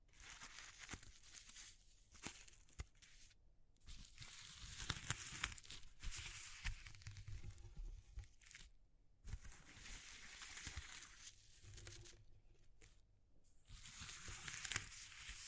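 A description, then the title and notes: Dense crinkling and tearing textures, like paper or plastic being crumpled and ripped, fill most of the recording in bright, gritty bursts. Brief pauses break the sound near 3.5, 9 and 13 seconds, and sharp clicks and snaps appear throughout. ASMR Exploring Textures (No Talking).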